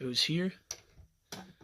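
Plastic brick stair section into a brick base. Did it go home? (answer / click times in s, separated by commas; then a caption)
yes / 1.3 s. Someone talks as a modular LEGO stair section of a Tatooine display is placed into its plastic brick base, sliding in at the back and being pressed down. A sharp plastic click at 1.3 s marks the section seating into place.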